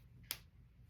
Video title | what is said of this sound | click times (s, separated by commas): Using and maintaining paint pens for the beginner. | you have to hear that snap and there should be no Gap there and then you store it | 0.3 s